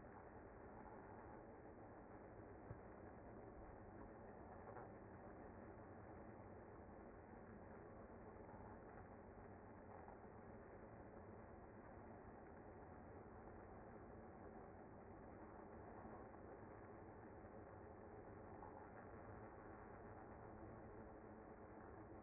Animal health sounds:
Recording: honeybee colony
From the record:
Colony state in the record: active

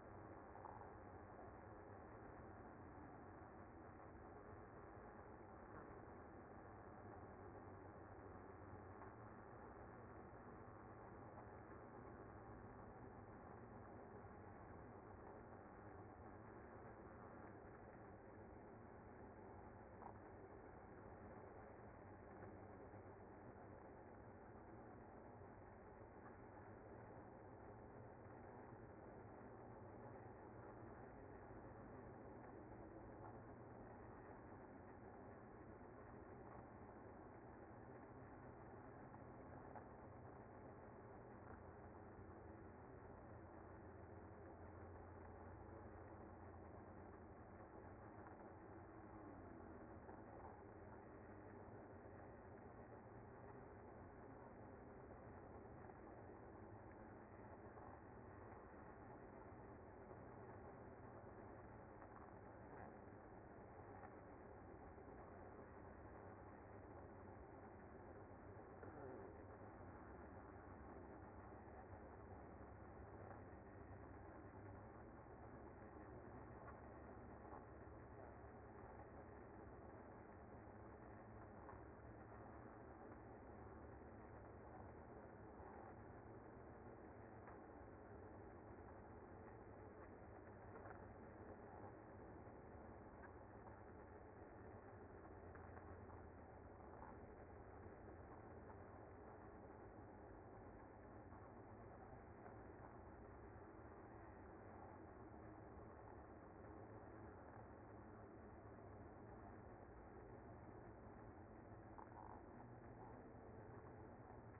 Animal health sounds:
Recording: honeybee colony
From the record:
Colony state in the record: active

